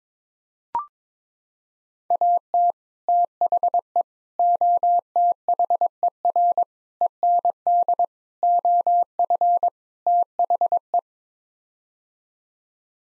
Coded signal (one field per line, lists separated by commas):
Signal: Morse code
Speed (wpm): 21 wpm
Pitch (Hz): 700 Hz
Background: none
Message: AT THE OTHER END OF THE